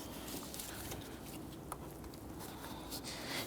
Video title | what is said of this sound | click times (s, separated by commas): How to Replace Engine Cooling Fan 2017-2020 Hyundai Elantra 2.0L L4 | You're going to feel that click into place. | 1.7 s